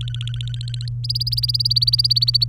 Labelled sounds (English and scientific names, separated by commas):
Domestic Canary (Serinus canaria) song